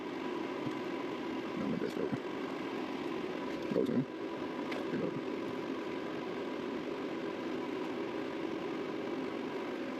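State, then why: Not seated. A xenon headlight bulb is being fitted into the headlight housing of a 2013 Audi A4 Quattro, with someone talking while turning it to find the right orientation over a steady low hum. Faint handling scrapes and rustles come around 1.7–2.2 s and 3.6–4.0 s, but the bulb has not locked into place yet, and no click is heard.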